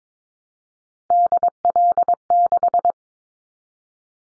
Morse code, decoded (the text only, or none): DL6